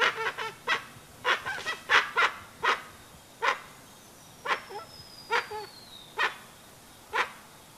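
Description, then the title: Dusky-legged guan song: honking notes in an irregular series, some doubled, with a thin falling whistle in the background. Singing; played as a sound to call the bird in. "Pavanegra. Pava de Monte o Pava Oscura Cantando Sonido para Llamar"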